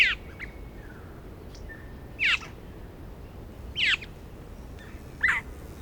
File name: Sphecotheres Vieilloti